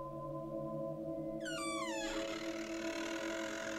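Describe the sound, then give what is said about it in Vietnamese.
A room door creaks open with a drawn-out, wavering squeal that bends downward in pitch over a second or so, over a steady low hum. “Cánh cửa phòng nó rít lên những tiếng cọt kẹt cọt kẹt.”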